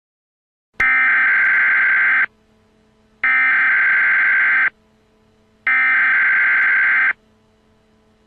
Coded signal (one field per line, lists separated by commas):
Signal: Emergency Alert System (SAME) tones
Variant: header bursts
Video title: Nuclear bomb eas prank free to use